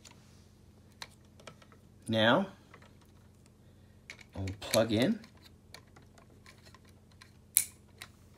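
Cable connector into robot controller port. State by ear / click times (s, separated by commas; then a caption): seated / 7.6 s. A cable plug is pushed into a port on a plastic robot brick controller until it latches, while someone talks and faint taps and clicks sound in the background. A sharp click at 7.6 s marks the connector seating into the port.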